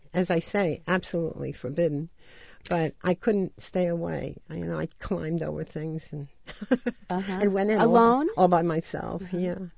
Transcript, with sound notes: As I say, absolutely forbidden, but I couldn't stay away. I know I climbed over things (she laughs)
Alone?
All by myself, yeah.